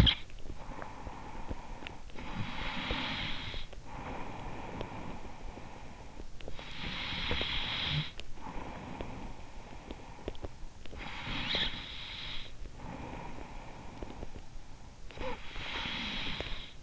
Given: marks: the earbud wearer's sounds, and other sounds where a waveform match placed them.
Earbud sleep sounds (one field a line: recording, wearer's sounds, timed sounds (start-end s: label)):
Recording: sounds in sleep by an in-ear microphone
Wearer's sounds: snoring breath, breath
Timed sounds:
0.00-2.05 s: snoring breath
2.05-6.61 s: breath
6.62-10.75 s: breath
10.75-15.54 s: snoring breath
15.54-16.83 s: breath